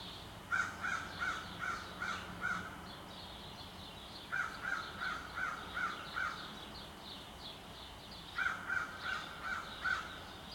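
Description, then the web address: Crow giving three rapid bursts of about six short, harsh caws, separated by pauses of about two seconds, over steady low background noise. Suburban city setting in Montreal, Canada. "Articulated Sounds - Nature in the City AMB SUBURB Crow in City, Sparrow Chirps, Montreal, Canada"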